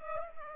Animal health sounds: mosquito wingbeat signal from an infrared sensor; Culex pipiens

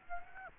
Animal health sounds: mosquito wingbeat signal from an infrared sensor; Aedes aegypti

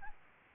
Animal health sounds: mosquito wingbeat signal from an infrared sensor; Aedes albopictus

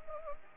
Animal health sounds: mosquito wingbeat signal from an infrared sensor; Anopheles arabiensis

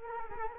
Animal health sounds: mosquito wingbeat signal from an infrared sensor; Culex quinquefasciatus

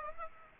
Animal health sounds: mosquito wingbeat signal from an infrared sensor; Aedes aegypti

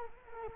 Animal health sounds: mosquito wingbeat signal from an infrared sensor; Culex quinquefasciatus

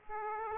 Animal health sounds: mosquito wingbeat signal from an infrared sensor; Aedes aegypti

